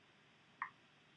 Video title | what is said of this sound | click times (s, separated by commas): Demo 4 edited | if you use your finger on the inside and kind of press down press that inside part down into it it snaps into place there | 0.6 s